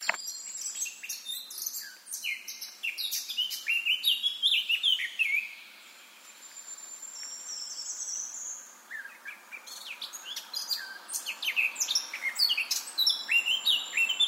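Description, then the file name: Eurasian blackcap singing a fast, varied warble of scratchy and clearer notes, pausing briefly near the middle before another rich phrase begins. "Sylvia atricapilla"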